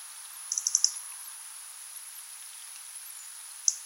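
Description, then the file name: European robin calls: a rapid series of high, sharp ticks in about half a second, then one more tick near the end, with a constant thin high-pitched whine behind. "Erithacus rubecula"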